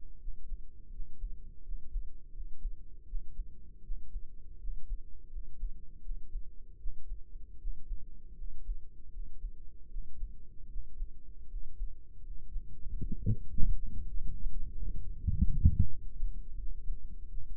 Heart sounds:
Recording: heart sounds by microphone in the right ear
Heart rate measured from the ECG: 81 bpm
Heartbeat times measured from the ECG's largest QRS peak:
0.16 s: heartbeat
0.88 s: heartbeat
1.61 s: heartbeat
2.30 s: heartbeat
3.04 s: heartbeat
3.80 s: heartbeat
4.56 s: heartbeat
5.28 s: heartbeat
6.00 s: heartbeat
6.76 s: heartbeat
7.56 s: heartbeat
8.33 s: heartbeat
9.08 s: heartbeat
9.86 s: heartbeat
10.66 s: heartbeat
11.46 s: heartbeat
12.20 s: heartbeat
12.95 s: heartbeat
13.70 s: heartbeat
14.47 s: heartbeat
15.22 s: heartbeat
15.87 s: heartbeat
16.54 s: heartbeat
17.26 s: heartbeat
From the record:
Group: healthy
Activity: rest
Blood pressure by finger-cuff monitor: 111/62 mmHg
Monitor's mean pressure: 74 mmHg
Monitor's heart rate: 79 bpm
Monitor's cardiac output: 5.8 L/min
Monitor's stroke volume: 73 mL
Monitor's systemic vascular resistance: 910 dyn s/cm5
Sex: male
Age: 20 years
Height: 167 cm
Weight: 61 kg

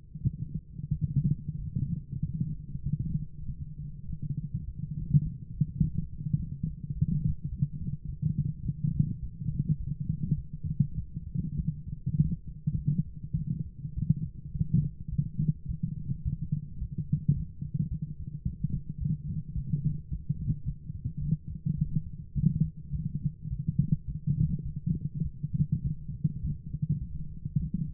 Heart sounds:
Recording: heart sounds by stethoscope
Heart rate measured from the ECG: 103 bpm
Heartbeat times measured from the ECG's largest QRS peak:
0.21 s: heartbeat
0.89 s: heartbeat
1.55 s: heartbeat
2.20 s: heartbeat
2.83 s: heartbeat
3.45 s: heartbeat
4.06 s: heartbeat
4.65 s: heartbeat
5.22 s: heartbeat
5.80 s: heartbeat
6.36 s: heartbeat
6.93 s: heartbeat
7.49 s: heartbeat
8.06 s: heartbeat
8.63 s: heartbeat
9.20 s: heartbeat
9.77 s: heartbeat
10.35 s: heartbeat
10.95 s: heartbeat
11.56 s: heartbeat
12.16 s: heartbeat
12.75 s: heartbeat
13.34 s: heartbeat
13.94 s: heartbeat
14.52 s: heartbeat
15.10 s: heartbeat
15.66 s: heartbeat
16.23 s: heartbeat
16.79 s: heartbeat
17.34 s: heartbeat
17.89 s: heartbeat
18.43 s: heartbeat
18.99 s: heartbeat
19.54 s: heartbeat
20.09 s: heartbeat
20.64 s: heartbeat
21.19 s: heartbeat
21.75 s: heartbeat
22.33 s: heartbeat
22.91 s: heartbeat
23.48 s: heartbeat
24.06 s: heartbeat
24.63 s: heartbeat
25.22 s: heartbeat
25.82 s: heartbeat
26.41 s: heartbeat
26.99 s: heartbeat
27.58 s: heartbeat
From the record:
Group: healthy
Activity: light exercise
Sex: female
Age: 24 years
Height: 163 cm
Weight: 55.7 kg

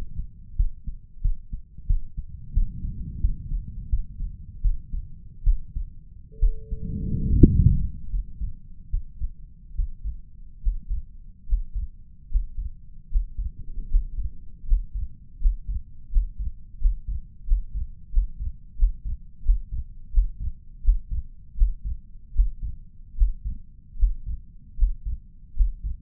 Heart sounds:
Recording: heart sounds by stethoscope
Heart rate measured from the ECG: 79 bpm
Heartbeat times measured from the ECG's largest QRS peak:
0.56 s: heartbeat
1.21 s: heartbeat
1.86 s: heartbeat
2.53 s: heartbeat
3.20 s: heartbeat
3.89 s: heartbeat
4.61 s: heartbeat
5.43 s: heartbeat
6.39 s: heartbeat
7.34 s: heartbeat
8.09 s: heartbeat
8.89 s: heartbeat
9.74 s: heartbeat
10.61 s: heartbeat
11.46 s: heartbeat
12.29 s: heartbeat
13.09 s: heartbeat
13.88 s: heartbeat
14.65 s: heartbeat
15.39 s: heartbeat
16.10 s: heartbeat
16.79 s: heartbeat
17.45 s: heartbeat
18.11 s: heartbeat
18.76 s: heartbeat
19.43 s: heartbeat
20.11 s: heartbeat
20.82 s: heartbeat
21.55 s: heartbeat
22.33 s: heartbeat
23.15 s: heartbeat
23.97 s: heartbeat
24.76 s: heartbeat
25.54 s: heartbeat
From the record:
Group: healthy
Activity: rest 0-9 s, breath hold 9-26 s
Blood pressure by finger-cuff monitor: 160/103 mmHg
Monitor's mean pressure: 119 mmHg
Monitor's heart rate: 78 bpm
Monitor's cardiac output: 5.3 L/min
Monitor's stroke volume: 70 mL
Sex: male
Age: 35 years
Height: 178 cm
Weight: 64 kg

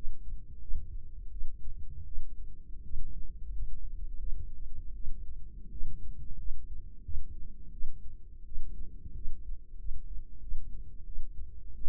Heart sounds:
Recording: heart sounds by microphone in the right ear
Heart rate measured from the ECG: 86 bpm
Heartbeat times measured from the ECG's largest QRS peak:
0.60 s: heartbeat
1.31 s: heartbeat
2.06 s: heartbeat
2.83 s: heartbeat
3.52 s: heartbeat
4.19 s: heartbeat
4.94 s: heartbeat
5.71 s: heartbeat
6.38 s: heartbeat
7.03 s: heartbeat
7.72 s: heartbeat
8.45 s: heartbeat
9.15 s: heartbeat
9.78 s: heartbeat
10.41 s: heartbeat
11.05 s: heartbeat
11.75 s: heartbeat
From the record:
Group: healthy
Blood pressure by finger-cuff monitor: 95/49 mmHg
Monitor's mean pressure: 63 mmHg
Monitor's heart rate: 87 bpm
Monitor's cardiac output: 8.3 L/min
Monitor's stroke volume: 98 mL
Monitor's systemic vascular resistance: 530 dyn s/cm5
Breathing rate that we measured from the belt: 19 breaths a minute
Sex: female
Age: 22 years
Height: 157 cm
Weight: 47.6 kg

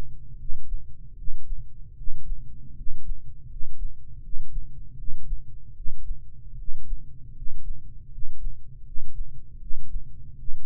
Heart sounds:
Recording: heart sounds by microphone in the right ear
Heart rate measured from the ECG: 78 bpm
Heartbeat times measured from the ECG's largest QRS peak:
0.33 s: heartbeat
1.11 s: heartbeat
1.91 s: heartbeat
2.70 s: heartbeat
3.43 s: heartbeat
4.17 s: heartbeat
4.92 s: heartbeat
5.70 s: heartbeat
6.52 s: heartbeat
7.29 s: heartbeat
8.05 s: heartbeat
8.79 s: heartbeat
9.55 s: heartbeat
10.32 s: heartbeat
From the record:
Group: healthy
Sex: male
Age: 20 years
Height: 187 cm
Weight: 68.9 kg

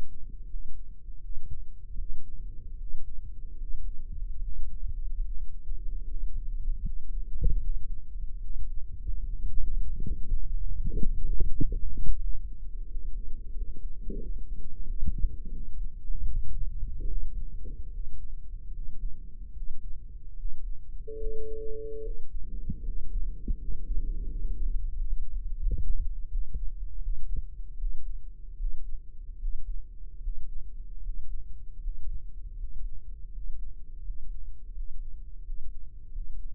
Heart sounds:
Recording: heart sounds by microphone in the right ear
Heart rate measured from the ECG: 79 bpm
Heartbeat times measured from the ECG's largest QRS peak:
0.46 s: heartbeat
1.19 s: heartbeat
1.95 s: heartbeat
2.75 s: heartbeat
3.56 s: heartbeat
4.38 s: heartbeat
5.21 s: heartbeat
6.03 s: heartbeat
6.80 s: heartbeat
7.58 s: heartbeat
8.38 s: heartbeat
9.19 s: heartbeat
9.97 s: heartbeat
10.70 s: heartbeat
11.42 s: heartbeat
12.16 s: heartbeat
12.85 s: heartbeat
13.52 s: heartbeat
14.17 s: heartbeat
14.82 s: heartbeat
15.49 s: heartbeat
16.23 s: heartbeat
17.04 s: heartbeat
17.88 s: heartbeat
18.69 s: heartbeat
19.51 s: heartbeat
20.33 s: heartbeat
21.15 s: heartbeat
21.99 s: heartbeat
22.80 s: heartbeat
23.54 s: heartbeat
24.24 s: heartbeat
24.92 s: heartbeat
25.59 s: heartbeat
26.27 s: heartbeat
26.99 s: heartbeat
27.76 s: heartbeat
28.55 s: heartbeat
29.36 s: heartbeat
30.18 s: heartbeat
30.99 s: heartbeat
31.77 s: heartbeat
32.54 s: heartbeat
33.28 s: heartbeat
34.00 s: heartbeat
34.70 s: heartbeat
35.40 s: heartbeat
36.08 s: heartbeat
From the record:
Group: healthy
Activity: rest 0-23 s, breath hold 23-37 s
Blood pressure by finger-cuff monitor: 88/61 mmHg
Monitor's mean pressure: 68 mmHg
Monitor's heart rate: 78 bpm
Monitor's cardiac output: 6.7 L/min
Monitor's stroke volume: 85 mL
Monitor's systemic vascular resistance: 730 dyn s/cm5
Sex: male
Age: 23 years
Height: 178 cm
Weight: 96.6 kg

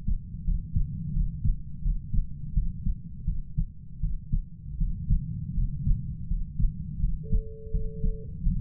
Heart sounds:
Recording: heart sounds by stethoscope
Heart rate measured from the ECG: 83 bpm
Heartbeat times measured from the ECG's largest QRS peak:
0.45 s: heartbeat
1.13 s: heartbeat
1.82 s: heartbeat
2.53 s: heartbeat
3.25 s: heartbeat
4.01 s: heartbeat
4.78 s: heartbeat
5.55 s: heartbeat
6.28 s: heartbeat
7.00 s: heartbeat
7.71 s: heartbeat
8.43 s: heartbeat
From the record:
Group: healthy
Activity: rest 0-7 s, breath hold 7-9 s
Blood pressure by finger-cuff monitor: 112/76 mmHg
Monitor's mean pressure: 89 mmHg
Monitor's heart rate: 84 bpm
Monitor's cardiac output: 7.1 L/min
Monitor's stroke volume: 84 mL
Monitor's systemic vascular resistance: 920 dyn s/cm5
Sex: male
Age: 33 years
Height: 179 cm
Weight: 80.4 kg

